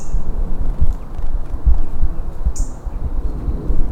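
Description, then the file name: European robin uttering two short, very high, thin call notes a couple of seconds apart over a strong low rumble. "Erithacus rubecula"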